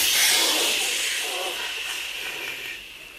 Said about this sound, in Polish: Zaczniemy od tego, że spuścimy po prostu, wiesz, powietrze z kół i wtedy on tak, wiesz, opadnie i łatwiej nam będzie zaglądać do motoru. No to czekaj, ja tutaj wentylek tylko pociągnę.